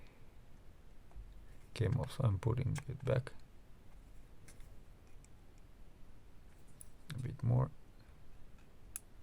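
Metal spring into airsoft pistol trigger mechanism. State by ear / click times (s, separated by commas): seated / 9.0 s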